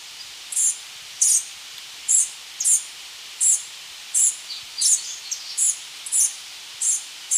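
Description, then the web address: Three-striped warbler calls, sharp high chips repeated roughly every half second, sometimes doubled, over a faint background hiss. Recorded in Ecuador. "Natures Songs S America Birds of Ecuador Three-striped Warbler"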